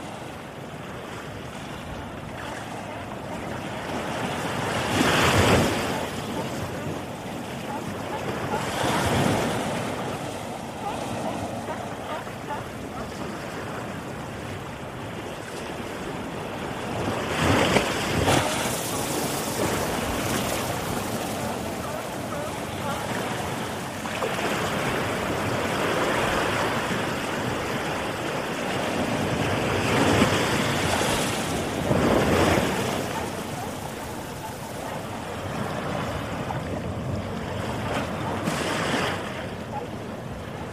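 Ocean waves wash in with a steady, dense roar that swells and breaks every few seconds, with louder surges around 5, 9, 18, 31 and 39 seconds. Wind adds a low rumble underneath.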